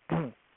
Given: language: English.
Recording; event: throat vibration sensor signal played as sound; throat clearing